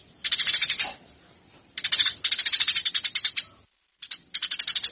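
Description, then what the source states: Eurasian tree sparrow chirping in fast bursts of scratchy notes, separated by short silences. Fighting-style (tarung) song, used as a master for training birds.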